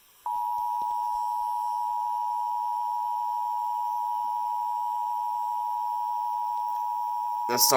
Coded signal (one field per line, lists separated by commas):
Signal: Emergency Alert System (SAME) tones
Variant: 853 and 960 Hz attention tone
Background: speech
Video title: EAS 1338 TOR-C NWS Mobile?